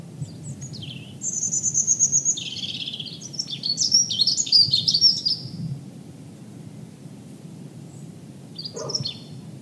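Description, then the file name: European robin song: a varied run of high, thin, tumbling phrases with quick trills and slurred whistles, pausing, then a short final phrase; low steady background rumble. "rouge gorge"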